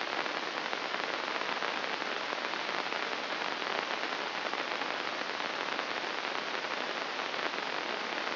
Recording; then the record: brain microelectrode recording played as sound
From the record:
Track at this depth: inside the subthalamic nucleus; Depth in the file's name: 1.806 mm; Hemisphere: right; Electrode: 2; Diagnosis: Parkinson's disease